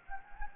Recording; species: mosquito wingbeat signal from an infrared sensor; Anopheles gambiae